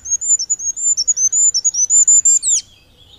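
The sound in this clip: Goldcrest song: a high-pitched cycling series of thin notes finishing with a short downward-swooping flourish.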